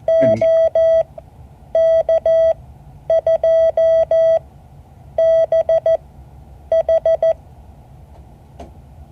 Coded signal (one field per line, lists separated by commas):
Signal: Morse code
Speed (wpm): 14 wpm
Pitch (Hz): 650 Hz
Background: none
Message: OK2BH